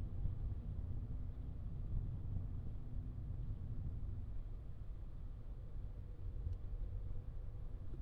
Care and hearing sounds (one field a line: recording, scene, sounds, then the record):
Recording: everyday scene through a hearing-aid microphone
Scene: in a vehicle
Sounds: engine, traffic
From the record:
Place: Skoda Fabia, gasoline engine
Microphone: in the ear canal, left